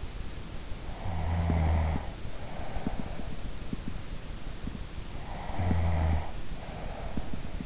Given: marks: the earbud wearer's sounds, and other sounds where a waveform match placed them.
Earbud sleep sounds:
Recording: sounds in sleep by an in-ear microphone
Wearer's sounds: snoring breath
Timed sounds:
1.18-3.36 s: snoring breath
5.38-7.65 s: snoring breath

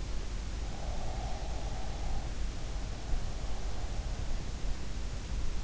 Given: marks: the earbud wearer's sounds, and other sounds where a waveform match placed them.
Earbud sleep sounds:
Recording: sounds in sleep by an in-ear microphone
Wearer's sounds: breath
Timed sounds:
0.74-2.15 s: breath

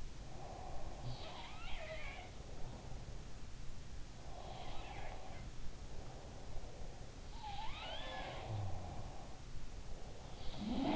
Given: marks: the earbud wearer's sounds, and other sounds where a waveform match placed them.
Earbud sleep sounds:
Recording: sounds in sleep by an in-ear microphone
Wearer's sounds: breath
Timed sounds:
0.00-1.59 s: breath
1.00-3.31 s: sound from someone else or the room
4.15-7.31 s: breath
4.31-6.66 s: sound from someone else or the room
7.30-9.58 s: sound from someone else or the room
8.67-10.96 s: breath

